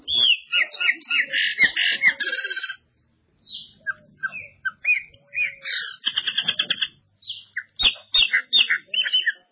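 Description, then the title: Ultramarine grosbeak delivering a dense stream of buzzy chirps and upslurred whistles, a short gap, then more quick varied notes and clicks. "Azulao"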